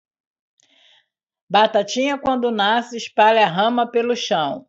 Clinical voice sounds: short text; Brazilian Portuguese; female; 60 to 69 years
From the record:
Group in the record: control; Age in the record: 60 years

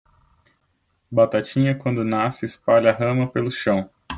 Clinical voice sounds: short text; Brazilian Portuguese; male; 30 to 39 years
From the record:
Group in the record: control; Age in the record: 30 years

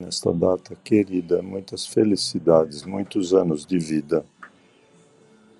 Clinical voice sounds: short text; Brazilian Portuguese; male; 60 to 69 years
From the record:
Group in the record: control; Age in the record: 67 years

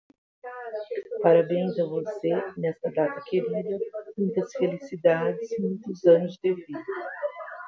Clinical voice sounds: short text; Brazilian Portuguese; female; 60 to 69 years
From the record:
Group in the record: control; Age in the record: 62 years

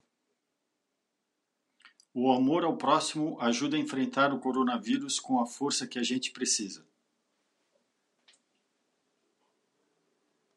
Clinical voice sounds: spoken sentence; Brazilian Portuguese; male; 50 to 59 years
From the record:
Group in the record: control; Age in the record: 51 years

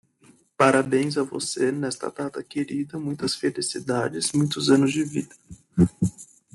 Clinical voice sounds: short text; Brazilian Portuguese; male; 20 to 29 years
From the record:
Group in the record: control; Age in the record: 21 years

